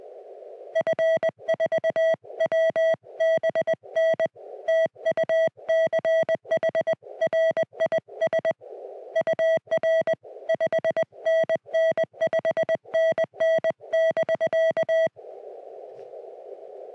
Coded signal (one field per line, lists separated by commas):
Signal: Morse code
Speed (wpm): 20 wpm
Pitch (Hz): 650 Hz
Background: music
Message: F4WBN TU CHRIS UR 5NN 5NN <BK>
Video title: The New CFT-1 Field Radio: SOTA Activation and Hands-on Impressions